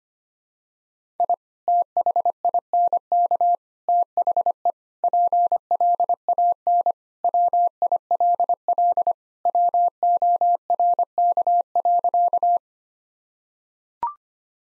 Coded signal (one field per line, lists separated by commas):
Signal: Morse code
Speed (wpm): 25 wpm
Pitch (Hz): 700 Hz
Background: none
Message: I THINK THE PLAN WILL WORK.